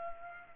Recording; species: mosquito wingbeat signal from an infrared sensor; Culex pipiens